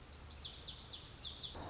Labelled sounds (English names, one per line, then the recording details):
Lazuli Bunting
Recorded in Sonoma County, California